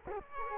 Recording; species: mosquito wingbeat signal from an infrared sensor; Culex quinquefasciatus